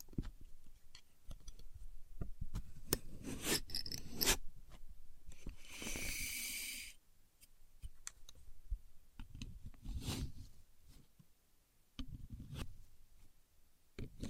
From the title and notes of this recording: A Contour Gauge. No Talking.